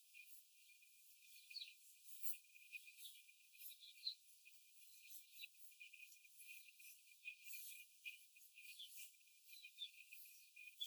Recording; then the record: young laying hens in a cage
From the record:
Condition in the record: after the stressor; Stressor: simulated dog barking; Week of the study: 4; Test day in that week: 1